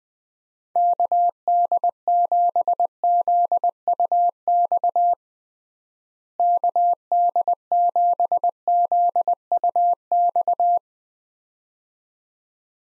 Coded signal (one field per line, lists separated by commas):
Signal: Morse code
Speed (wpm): 20 wpm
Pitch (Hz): 700 Hz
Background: none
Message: KD7ZUX KD7ZUX